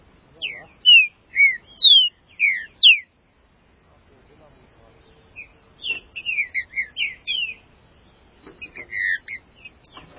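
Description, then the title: Green-winged saltator song: a burst of five loud, slurred whistled notes, a pause, then a quicker run of varied whistles and a shorter closing phrase. "Trinca Ferro"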